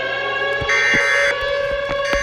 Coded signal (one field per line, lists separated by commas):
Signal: Emergency Alert System (SAME) tones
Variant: end-of-message bursts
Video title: My reaction for Edward’s Vlog and Reacting Channel EAS Scenario rattled (read description)